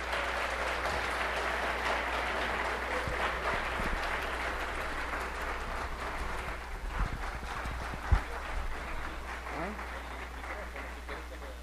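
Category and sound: crowd, audience applause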